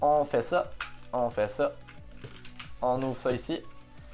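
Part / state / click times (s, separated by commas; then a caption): toy robot body tilting joint into its locked position / not seated / none. A plastic Power Rangers Wild Force Kongazord megazord toy is being transformed, with its body being tilted toward the joint's locked position. Someone talks over quiet handling noises, including a few faint sharp plastic ticks around 2.1 to 2.6 seconds. Nothing has seated or clicked into place yet.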